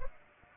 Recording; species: mosquito wingbeat signal from an infrared sensor; Culex pipiens